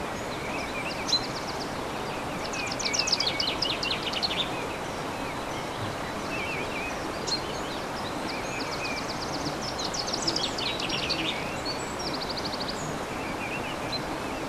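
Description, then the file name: Bird song: repeated buzzy trills and quick high chirps recur throughout, layered over a constant wash of background noise. Recorded 15 March 2014 with an MZ-N710 recorder. "MZ-N 710 Chants d oiseaux 15 03 14"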